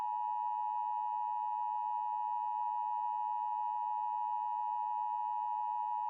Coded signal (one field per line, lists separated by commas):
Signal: Emergency Alert System (SAME) tones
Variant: 853 and 960 Hz attention tone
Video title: EAS SCENARIO: Hadron Collider Distabilized Part 1